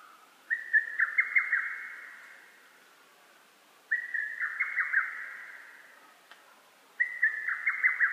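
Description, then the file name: Lesser cuckoo call: a loud, rapid, whistled phrase repeated about every three seconds. Recorded on 12 June 2010. "hototogisu-20100612"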